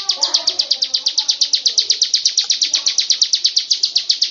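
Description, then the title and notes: Bird chirping quickly and evenly in high notes, with faint lower notes at the start. "Bird Sound. Kicau Burung Lengkap"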